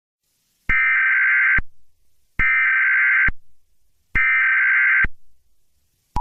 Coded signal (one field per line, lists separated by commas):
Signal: Emergency Alert System (SAME) tones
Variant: header bursts